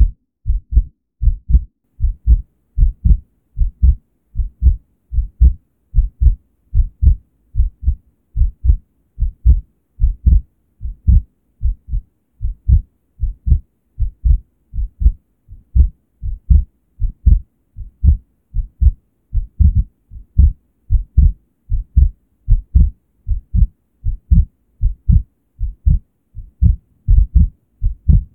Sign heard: Heartbeat.